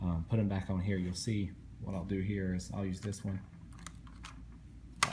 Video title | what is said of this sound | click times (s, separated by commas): How to use the TV with a PS4 and the Logitech Harmony Remote | little thing you hear it click press | 5.0 s